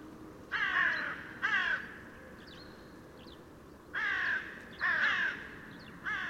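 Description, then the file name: Carrion crow calling with rough, grating caws: a pair of caws, a pause of about two seconds, then three more in steady succession, with a faint high chirp in between. "Corvus corone"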